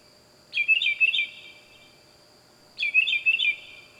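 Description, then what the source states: Bird giving two short bursts of high, buzzy warbled chirps about two seconds apart over a faint steady hum. Loud bird heard at night in the wild.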